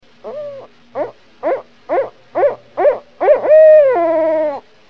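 Barred Owl hooting: several short hoots in quick succession, then one long, drawn-out hoot that holds steady and drops in pitch at the end.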